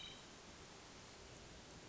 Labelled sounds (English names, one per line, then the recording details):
Hermit Thrush
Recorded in Sonoma County, California